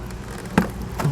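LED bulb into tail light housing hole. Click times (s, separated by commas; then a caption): 0.6 s. An LED bulb with locking tabs from a Roadmaster tail light wiring kit for towed vehicles is pushed with even pressure into a freshly drilled one-inch hole in the plastic tail light housing of a 2021 Chevrolet Spark. A sharp snap at 0.6 s, the loudest sound in the clip, marks the tabs seating, with softer ticks near 0.1 s and 1.0 s. The bulb is seated tightly in the housing.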